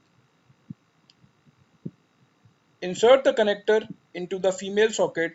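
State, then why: Not seated. A Z touch probe cable connector for a WorkBee CNC router is held with its notches facing up and lined up with the controller socket before it is inserted. Only a few faint handling knocks are heard, around 0.7, 1.1 and 1.9 seconds, and someone talks from about 2.8 seconds. Nothing has seated or clicked yet.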